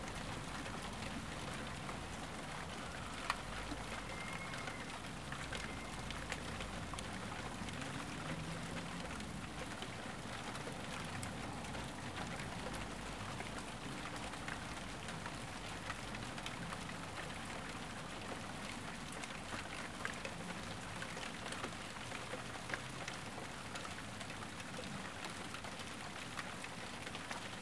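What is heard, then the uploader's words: Steady rain falls throughout, a dense, even hiss with countless small drops tapping on a surface. A low rumble sits underneath the whole time, and a few sharper drips stand out now and then without breaking the constant wash. Rain. In the quiet of suburban Tyneside.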